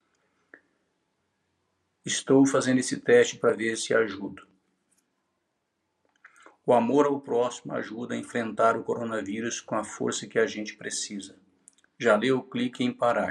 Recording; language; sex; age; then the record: spoken sentence; Brazilian Portuguese; male; 60 to 69 years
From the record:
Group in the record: control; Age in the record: 62 years